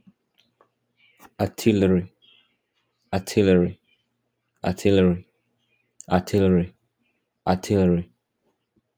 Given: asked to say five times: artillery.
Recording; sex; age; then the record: repeated word; male; 20 to 29 years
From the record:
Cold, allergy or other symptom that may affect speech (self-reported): no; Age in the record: 23 years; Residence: Texas, United States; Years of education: 14